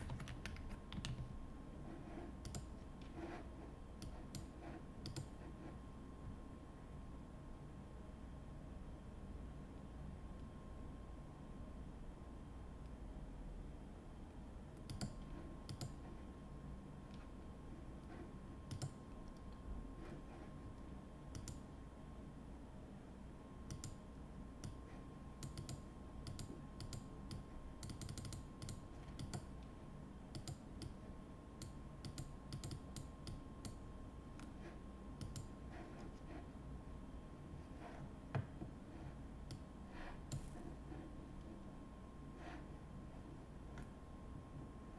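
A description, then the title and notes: Keyboard typing clicks away in short irregular bursts over a steady low hum, dry. Sharp taps cluster densely around the middle and near the end, with a faint constant tone running underneath throughout. Typing, Paper, Clicking sounds.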